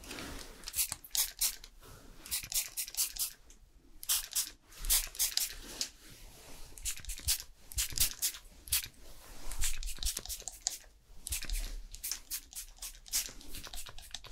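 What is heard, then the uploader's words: A fast haircut, with quick crisp snips and rustling strands, the cuts coming in rapid irregular bursts. ASMR Professional Fast Haircut & Hair Styling No Talking.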